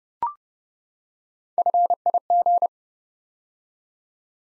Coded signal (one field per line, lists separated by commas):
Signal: Morse code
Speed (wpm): 30 wpm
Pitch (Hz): 700 Hz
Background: none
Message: FIG